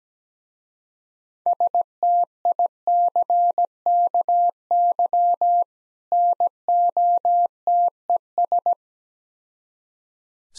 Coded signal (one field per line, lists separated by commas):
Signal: Morse code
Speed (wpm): 17 wpm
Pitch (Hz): 700 Hz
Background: none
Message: STICKY NOTES